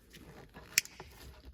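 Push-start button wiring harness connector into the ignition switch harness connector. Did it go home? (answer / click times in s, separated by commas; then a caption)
yes / 0.8 s. A plastic push-start button wiring harness connector is pushed into its mating connector behind the brown ignition switch, during a push-start button installation on an Acura NSX/S2000. It seats with a sharp, bright click at 0.8 s, followed by a faint second tick just after, over low background rumble. The connector is locked in place.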